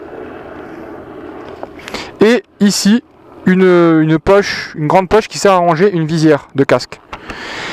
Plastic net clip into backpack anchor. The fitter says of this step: avez la possibilité de fermer le sac avec un autre un grand filet qui se clipse comme ceci et